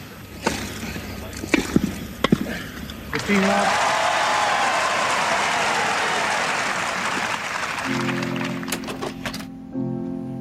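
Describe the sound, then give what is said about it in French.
A few sharp ball strikes at Wimbledon, where John McEnroe serves against Borg, give way to the crowd breaking into loud, sustained applause as McEnroe wins the first point. A dense wash of clapping lasts several seconds, with a voice coming in as it continues. “Dans les gradins, le public de Wimbledon applaudit.”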